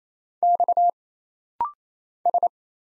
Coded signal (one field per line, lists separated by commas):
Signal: Morse code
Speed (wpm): 28 wpm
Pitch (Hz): 700 Hz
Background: none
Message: X S